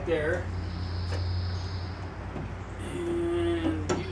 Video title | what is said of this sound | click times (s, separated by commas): 2004 Honda Pilot Engine Swap Part 2 | thingies that oh there we go oh jeez wow pops right in maybe pops right in | 3.9 s